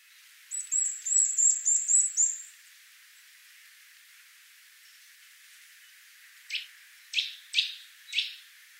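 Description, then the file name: Eurasian nuthatch calling: a quick run of very high thin notes, then after a pause four sharp, separate calls spaced about half a second apart. "Sitta europaea"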